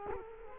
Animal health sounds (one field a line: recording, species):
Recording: mosquito wingbeat signal from an infrared sensor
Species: Culex quinquefasciatus